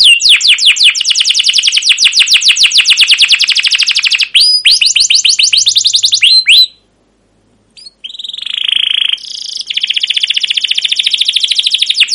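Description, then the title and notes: Canary song of dense high rolling trills and swept chirps, broken by a short silence, then resuming with a steady buzzy trill. Long, continuous canary singing with 'cuit cuit' chirps and 'ngerol' rolling trills, used as a lure and tutor recording for young canaries learning to sing. "CUIT CUIT NGEROL LANGSUNG GACOR PANJANG Kenari Pancingan KENAR. PANCINGAN Kenari GACOR PANJANG Cuit CUIT EMOSI MASTERAN Kenari PAUD belajar BUNYI. burung kenari"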